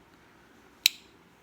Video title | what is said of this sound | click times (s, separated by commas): Comin back with another update | hear it click | 0.9 s